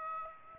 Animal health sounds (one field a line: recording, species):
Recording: mosquito wingbeat signal from an infrared sensor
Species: Aedes aegypti